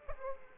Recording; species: mosquito wingbeat signal from an infrared sensor; Aedes aegypti